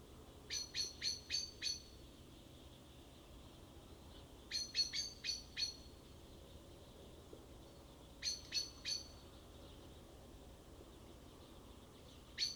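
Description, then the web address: Common blackbird chinks in repeated short runs of a few hard, clicking notes every few seconds, ending with a single note, against a low rumbling background. "SETE data Turdus merula"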